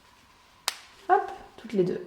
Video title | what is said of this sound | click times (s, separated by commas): Comment poser des pressions en couture ? | Si j'ai envie, je les clipse. | 0.7 s